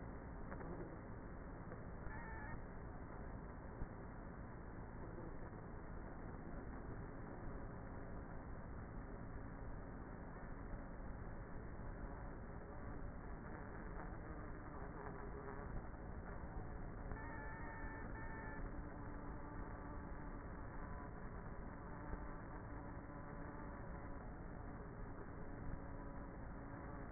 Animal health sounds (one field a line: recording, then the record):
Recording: honeybee colony, microphone inside the hive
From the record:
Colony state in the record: queenless with a low population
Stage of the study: before two queens were removed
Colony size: about 30,000 bees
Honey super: no